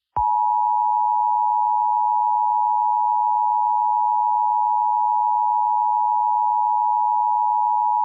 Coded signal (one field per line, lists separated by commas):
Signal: Emergency Alert System (SAME) tones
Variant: 853 and 960 Hz attention tone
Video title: EAS Scenario 2: The Great Tornado Outbreak